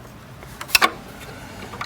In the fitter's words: should click in